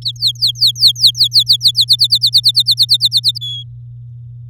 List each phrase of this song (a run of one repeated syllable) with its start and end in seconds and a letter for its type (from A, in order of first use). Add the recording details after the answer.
0.02-1.85 A, 1.88-3.38 B, 3.41-3.63 C. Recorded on 8 May 2018 at 11:46. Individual llb16